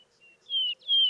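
Vesper sparrow song: two long, clear whistled notes near the same pitch, each sliding slightly downward, following a fainter opening note, in a quiet background.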